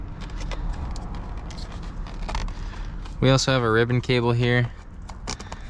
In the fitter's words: line it up with the hole snap into place